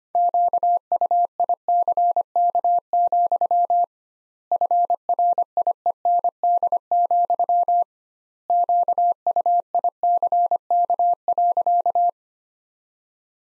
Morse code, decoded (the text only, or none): QUICK, FRIEND, QUICK.